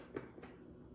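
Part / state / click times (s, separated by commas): plastic lid onto food chopper base / not seated / none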